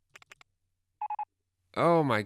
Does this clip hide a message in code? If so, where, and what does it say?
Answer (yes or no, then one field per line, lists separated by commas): no